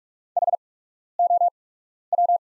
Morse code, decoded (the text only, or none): HOW